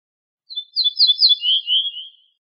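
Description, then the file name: Ortolan bunting singing a short phrase of repeated bright high notes that end in a longer, lower drawn-out note, with nothing else audible. "suara kicauan ortolan"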